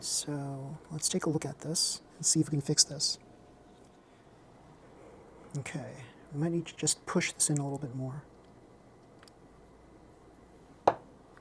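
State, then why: Seated. Someone talks, then a pinion gear is pushed further onto the motor shaft of a mini 4WD MA chassis car to fix a grinding sound caused by lack of space. After a few faint ticks, a sharp click at 10.9 s marks the gear seating flush on the shaft.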